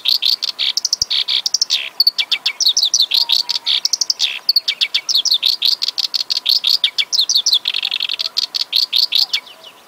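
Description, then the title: Oriental Reed Warbler song: a dense, continuous stream of harsh chattering and scratchy rising notes, fast and varied, with a faint steady hum underneath. Melodious, vigorous singing used as training audio to teach other birds. "Masteran Suara Merdu Burung Kerak Basi Besar Gacor"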